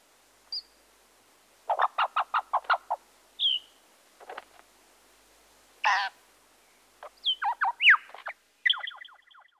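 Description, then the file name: Bird calls: a short rattling series of clipped notes, a thin whistle, a harsh burst, then quick descending squeaky chirps. "Busy Birds"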